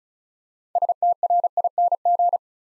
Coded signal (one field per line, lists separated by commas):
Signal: Morse code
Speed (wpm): 36 wpm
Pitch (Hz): 700 Hz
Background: none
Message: STRING